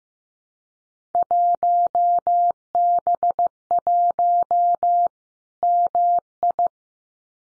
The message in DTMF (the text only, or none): none